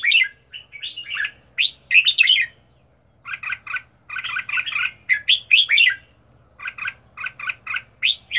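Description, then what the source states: Red-whiskered bulbul song: clusters of chirpy whistled notes in bursts with short pauses, over a low steady hum. Song used for training birds to sing; 15 standard song styles.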